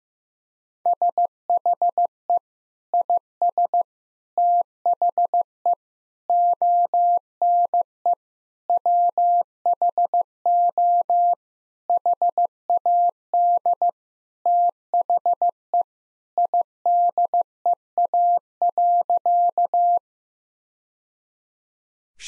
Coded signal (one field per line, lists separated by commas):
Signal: Morse code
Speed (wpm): 15 wpm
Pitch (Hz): 700 Hz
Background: none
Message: SHE IS THE ONE WHO HAD THE IDEA.